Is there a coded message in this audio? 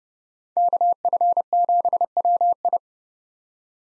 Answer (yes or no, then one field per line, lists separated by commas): yes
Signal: Morse code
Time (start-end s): 0.6-2.8 s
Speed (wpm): 30 wpm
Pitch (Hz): 700 Hz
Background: none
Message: KF7WI